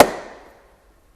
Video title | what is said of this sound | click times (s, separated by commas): Britax Max-Safe Pro Car Seat Installation at Little Peas | you hear a firm click | 0.0 s